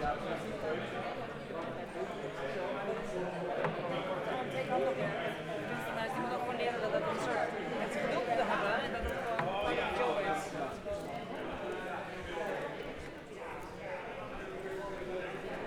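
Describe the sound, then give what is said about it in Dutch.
Footsteps climb a spiral staircase up to an artwork at the IISG, in a steady, repeated clatter of steps, with a murmur of crowd chatter running underneath throughout. “Ja, we gaan nu even naar boven lopen. Naar het kunstwerk. We moeten over de roltrap. De wenteltrap.”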